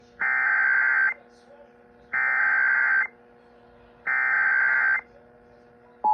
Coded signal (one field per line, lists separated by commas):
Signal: Emergency Alert System (SAME) tones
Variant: header bursts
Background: speech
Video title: Child Abduction Emergency on multiple stations (WBAP, KDGE, KDMX, KHKS, KZPS) (EAS #502-506)